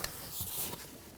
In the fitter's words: once you get your bolt in you can go ahead and reinstall your electrical connector and just push it in so you hear a click